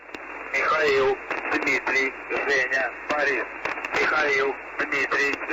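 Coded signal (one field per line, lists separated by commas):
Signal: numbers station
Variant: UVB-76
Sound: a voice speaking in short phrases through a narrow, noisy radio channel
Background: radio static, low hum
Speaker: one of the most important messages was the message that aired on september 7 2010 and this litter gave a new name to the radio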